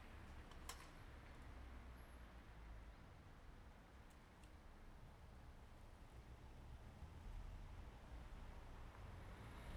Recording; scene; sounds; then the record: everyday scene through a hearing-aid microphone; in traffic; traffic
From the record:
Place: bus stop on a city main road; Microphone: behind the ear, right, rear